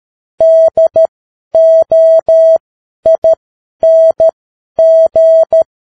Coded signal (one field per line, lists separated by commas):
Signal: Morse code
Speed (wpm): 13 wpm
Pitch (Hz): 650 Hz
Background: none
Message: DOING